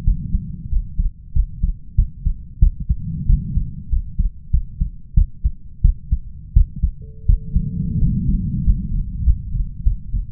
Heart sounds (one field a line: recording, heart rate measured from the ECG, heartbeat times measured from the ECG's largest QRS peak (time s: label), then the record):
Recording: heart sounds by stethoscope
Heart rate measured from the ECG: 92 bpm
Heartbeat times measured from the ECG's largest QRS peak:
0.03 s: heartbeat
0.68 s: heartbeat
1.32 s: heartbeat
1.95 s: heartbeat
2.59 s: heartbeat
3.26 s: heartbeat
3.89 s: heartbeat
4.50 s: heartbeat
5.14 s: heartbeat
5.81 s: heartbeat
6.53 s: heartbeat
7.25 s: heartbeat
7.98 s: heartbeat
8.62 s: heartbeat
9.23 s: heartbeat
9.82 s: heartbeat
From the record:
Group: healthy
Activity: rest 0-6 s, Valsalva maneuver 6-10 s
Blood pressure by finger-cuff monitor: 122/88 mmHg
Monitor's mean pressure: 98 mmHg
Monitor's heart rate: 93 bpm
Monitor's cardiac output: 6.5 L/min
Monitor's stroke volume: 72 mL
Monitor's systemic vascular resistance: 1100 dyn s/cm5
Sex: male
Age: 21 years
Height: 180 cm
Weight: 67.5 kg